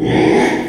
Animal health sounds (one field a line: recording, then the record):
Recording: squeal of a Yucatan mini pig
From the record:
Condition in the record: after surgery on the right vocal fold (resection and tissue-engineered implant)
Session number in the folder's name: 3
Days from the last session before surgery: 33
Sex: male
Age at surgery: 12 weeks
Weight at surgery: 13 kg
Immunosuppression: cyclosporine, prednisolone